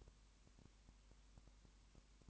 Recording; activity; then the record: daily activity, microphone in the room; no activity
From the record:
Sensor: 1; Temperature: 19.2 degrees Celsius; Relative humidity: 37.9%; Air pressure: 1001.1 hPa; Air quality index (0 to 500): 198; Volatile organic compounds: 7 ppm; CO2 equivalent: 2004 ppm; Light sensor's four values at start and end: 1/2/1/1 and 1/2/1/1